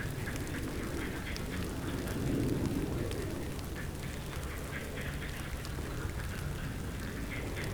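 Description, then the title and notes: Frogs giving rapid croaking calls in chorus, with a deep rumbling background swelling briefly. Frogs woken by a passing helicopter, Chindrieux, France. "RRCH+PF Chindrieux, France - grenouilles. Le passage d'un hélicoptère réveille les grenouilles"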